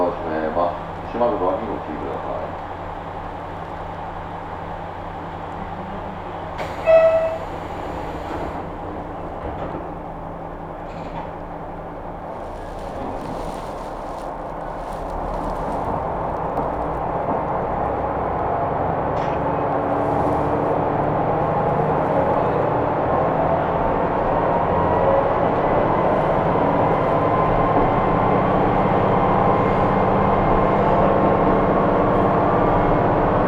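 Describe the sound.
A ride on the Kyudai Main Line train from Hita toward Tanushimaru, with a steady low rumble of the moving carriage throughout. Around seven seconds a short bright tone and a knock stand out, and from about fifteen seconds the running noise grows louder and fuller as the train gathers speed.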